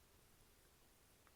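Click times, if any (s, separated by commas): 1.3 s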